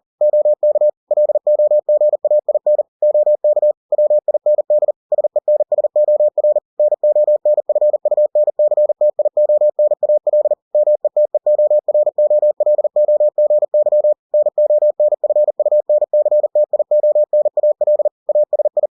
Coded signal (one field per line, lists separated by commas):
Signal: Morse code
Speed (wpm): 40 wpm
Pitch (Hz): 600 Hz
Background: none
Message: OK LOGAIN OK WIND SENSOR NONFUNCTIONAL METEOROLOGY NONFUNCTIONAL ASI